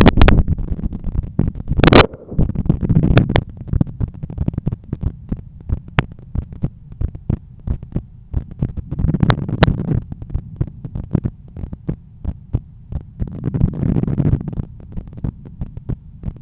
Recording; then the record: heart sounds by stethoscope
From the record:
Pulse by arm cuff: 92 bpm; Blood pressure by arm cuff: 135/85 mmHg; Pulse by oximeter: 93 bpm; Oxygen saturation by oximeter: 94%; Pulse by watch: 91 bpm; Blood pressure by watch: 125/81 mmHg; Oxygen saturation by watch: 97%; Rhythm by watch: sinus rhythm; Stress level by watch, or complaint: low stress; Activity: after 5 min smoking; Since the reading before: 1h sleeping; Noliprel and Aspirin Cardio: after pills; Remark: SpO2 switched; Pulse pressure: 50 mmHg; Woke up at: 7:20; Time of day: 12:28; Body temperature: 35.8 C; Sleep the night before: 8 h 11 min, score 61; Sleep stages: REM 22%, light 68%, deep 3%, awake 7%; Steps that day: 9500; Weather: sunny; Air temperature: 25.5 C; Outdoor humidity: 54%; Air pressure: 1016 hPa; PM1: 7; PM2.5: 11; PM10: 12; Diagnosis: hypertension, treated with Noliprel and Aspirin Cardio 100 mg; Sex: male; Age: 53 years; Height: 174 cm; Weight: 81 kg